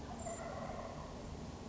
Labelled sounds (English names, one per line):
Wild Turkey